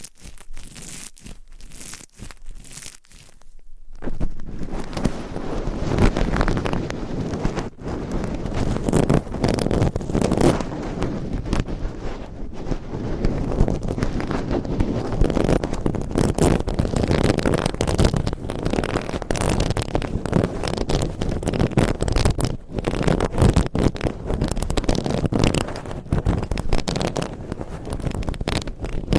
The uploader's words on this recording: ASMR Mic Scratching - Brain Scratching Layered Asmr No Talking for Sleep with Long Nails.